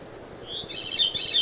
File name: Veery